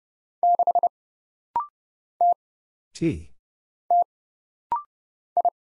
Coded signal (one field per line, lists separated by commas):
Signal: Morse code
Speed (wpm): 29 wpm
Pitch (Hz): 700 Hz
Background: none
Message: 6 T T I